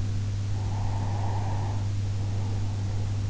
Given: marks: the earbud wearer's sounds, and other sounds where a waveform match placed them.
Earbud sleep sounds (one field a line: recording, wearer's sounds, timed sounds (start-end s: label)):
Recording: sounds in sleep by an in-ear microphone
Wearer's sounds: breath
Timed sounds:
0.55-3.21 s: breath